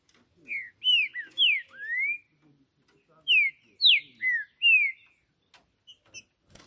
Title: Trinca Ferro CANTANDO MUITO de CARA em CIMA do TELHADO! Disputa INSANA!! TRINCA JUSTICEIRO & FBI